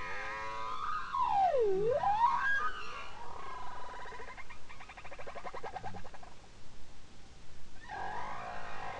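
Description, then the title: Bowhead whale singing a swooping V-shaped moan that dips and climbs, followed by buzzy pulsed bursts and another harmonic phrase, over background hiss. Song from Spitsbergen. "Grønlandshvalens sang 1. Lyd: Stafford, Lydersen, Wiig, Kovacs"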